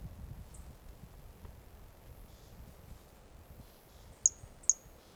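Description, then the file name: Brachycephalus mirissimus toadlet call: two short, piercing high-pitched notes in quick succession near the end, after a faint earlier note, with soft hiss behind. Single individual recorded 18 January 2018; first note of the call missing; animal not collected. "Brachycephalus mirissimus 18 jan 2018 individual 05 ex 04 fist note missing L F Ribeiro"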